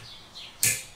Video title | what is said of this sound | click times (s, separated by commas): Rain-X Latitude Wiper Blades Review | arm, and I'm going to slide this in like this till it clicks, and it is now attached. | 0.6 s